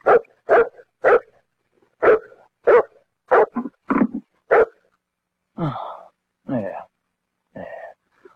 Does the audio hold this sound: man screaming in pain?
no